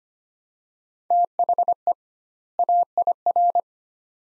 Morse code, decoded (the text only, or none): THE AIR